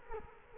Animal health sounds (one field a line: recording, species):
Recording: mosquito wingbeat signal from an infrared sensor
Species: Culex quinquefasciatus